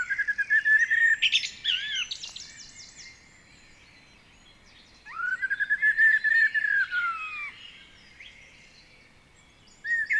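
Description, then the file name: Common blackbird song: a rich, low fluty whistle ending in high squeaky twitters, then a second long mellow phrase after a short pause. "Turdus merula"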